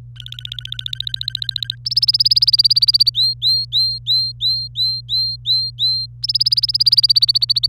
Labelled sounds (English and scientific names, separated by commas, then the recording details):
Domestic Canary (Serinus canaria) song
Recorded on 25 April 2018 at 17:43
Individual llb3